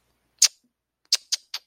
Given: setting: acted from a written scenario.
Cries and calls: vocal sound without words; guilt

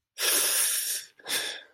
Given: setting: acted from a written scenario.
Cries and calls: vocal sound without words; embarrassment

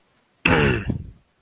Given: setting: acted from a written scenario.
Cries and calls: vocal sound without words; anger

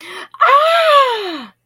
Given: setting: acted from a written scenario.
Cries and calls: vocal sound without words; positive surprise

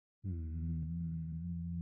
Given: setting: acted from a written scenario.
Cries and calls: vocal sound without words; contempt

